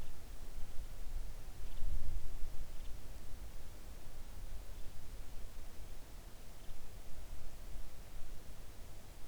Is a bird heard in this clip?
yes